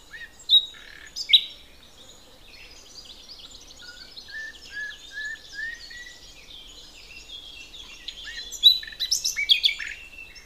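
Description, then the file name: Common nightingale song: loud sharp notes, then a series of whistles repeated on one pitch, ending in a burst of varied high notes. "Luscinia megarhynchos"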